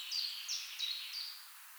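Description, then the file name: Eurasian nuthatch uttering four short, high, downslurred notes spaced about a third of a second apart, over a faint hiss. "Sitta europaea"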